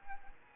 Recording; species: mosquito wingbeat signal from an infrared sensor; Anopheles arabiensis